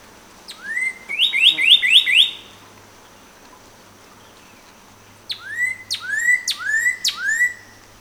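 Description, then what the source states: Northern cardinal song: two phrases of clear slurred whistles, first a quick run of rising notes, then a series of sweeping whistles about every half second, over a faint steady high tone. Recorded 14 April 2018; seven songs in the recording.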